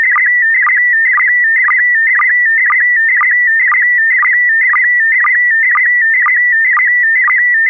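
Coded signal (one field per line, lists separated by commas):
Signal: SSTV (slow-scan television)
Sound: steady high warbling tone with rhythmic low chirps about twice a second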